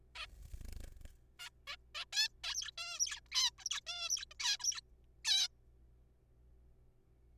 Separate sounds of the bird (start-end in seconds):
0.16-0.26, 1.40-1.49, 1.68-1.76, 1.95-2.05, 2.13-2.28, 2.44-2.54, 2.55-2.71, 2.78-2.99, 3.00-3.19, 3.32-3.50, 3.58-3.64, 3.65-3.69, 3.71-3.80, 3.87-4.09, 4.09-4.25, 4.31-4.34, 4.40-4.57, 4.59-4.63, 4.64-4.81, 5.25-5.48